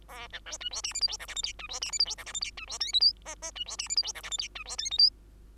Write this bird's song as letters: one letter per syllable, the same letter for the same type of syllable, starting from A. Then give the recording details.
A B C D E F G H I J K L M D E F G H I J K L M D E N O P Q Q D E F G H I J K L M D E N O P. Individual Bird2